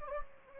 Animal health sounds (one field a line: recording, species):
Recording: mosquito wingbeat signal from an infrared sensor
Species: Anopheles gambiae